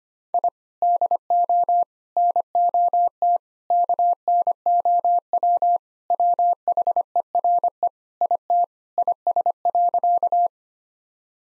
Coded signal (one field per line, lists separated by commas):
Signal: Morse code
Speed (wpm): 25 wpm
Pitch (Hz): 700 Hz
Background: none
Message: I DO NOT KNOW WHERE IT IS.